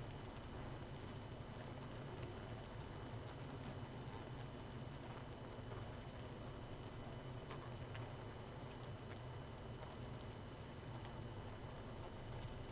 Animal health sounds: honeybee colony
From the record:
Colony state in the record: missing queen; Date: 31 May 2018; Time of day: 22:09

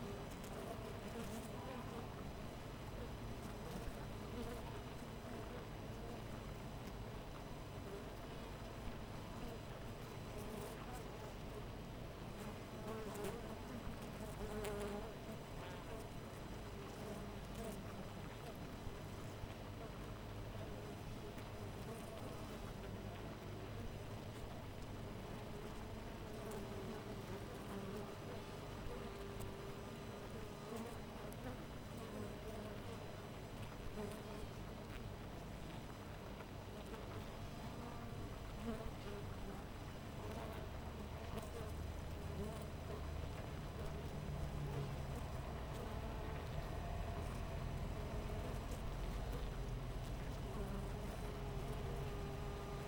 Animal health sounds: honeybee colony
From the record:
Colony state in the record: missing queen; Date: 14 July 2017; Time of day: 5:44

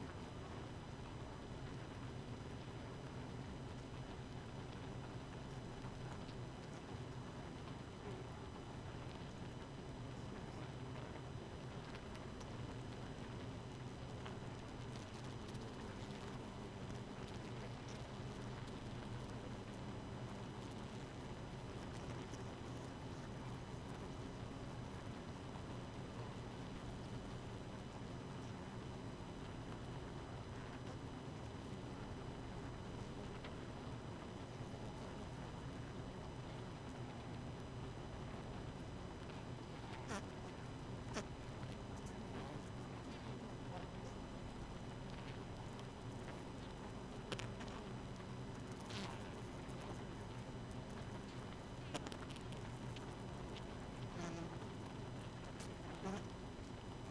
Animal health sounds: honeybee colony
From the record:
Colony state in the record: missing queen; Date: 31 May 2018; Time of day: 0:19

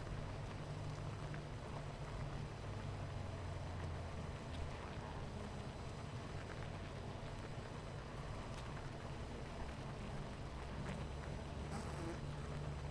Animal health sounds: honeybee colony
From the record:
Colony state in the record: missing queen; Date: 14 July 2017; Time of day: 9:18

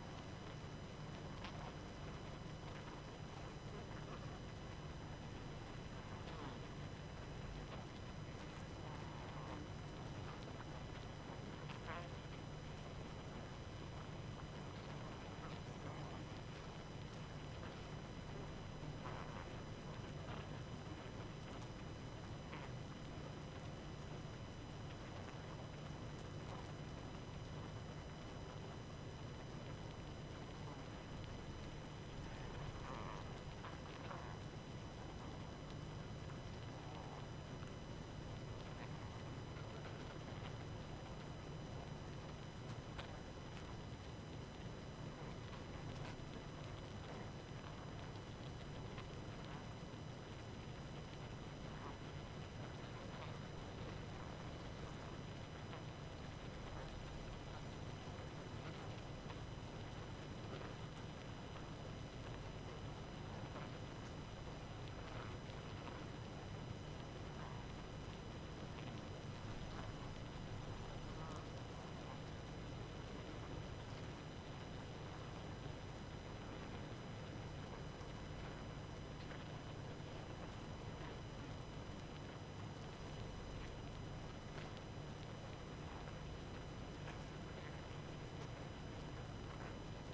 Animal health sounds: honeybee colony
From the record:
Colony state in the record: active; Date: 12 June 2018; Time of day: 23:32

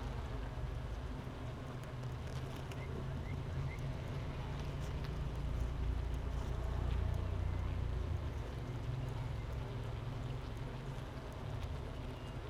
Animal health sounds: honeybee colony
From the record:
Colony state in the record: missing queen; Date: 31 May 2018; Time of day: 8:20

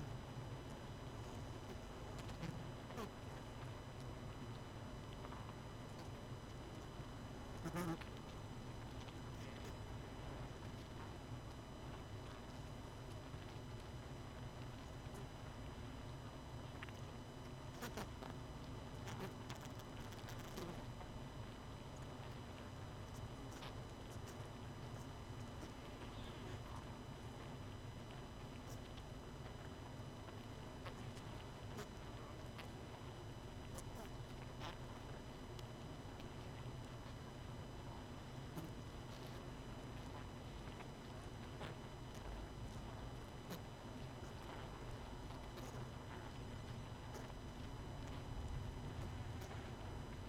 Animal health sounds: honeybee colony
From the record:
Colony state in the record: missing queen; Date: 31 May 2018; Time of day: 20:36

